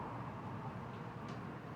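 A fuel line grommet from a carburetor fuel line repair kit is being fitted to a Poulan Pro PP4218A chainsaw fuel tank. The fuel line is on the short nipple, and the part is turned with the short nipple facing up. Only a steady low rumble of handling is heard, and nothing has been pushed in or clicked into place yet.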